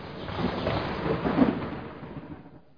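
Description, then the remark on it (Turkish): Steady heavy rain hisses throughout, pouring so hard the streets have flooded, while a low roll of thunder swells and rumbles through the middle, then both fade away toward the end. No one speaks. “İyi ama karakol buraya çok uzak. Bu yağmurda gidemem ki. Sırılsıklam oldum zaten.”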